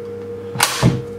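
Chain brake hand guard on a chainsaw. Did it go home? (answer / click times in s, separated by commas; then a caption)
no / none. The chain brake lever (hand guard) on a 52cc chainsaw is pushed forward to engage the brake over a steady background hum with a faint tone. A sharp broadband burst is heard at about 0.6 s, followed by a heavier low thud near 0.85 s. The brake has not clicked into place.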